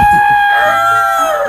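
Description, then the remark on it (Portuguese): A rooster crows loudly, one long, strained cock-a-doodle-doo that holds steady and fills the moment, with no talking over it. “Hoje não tem galo, né? O galo tá de folga.”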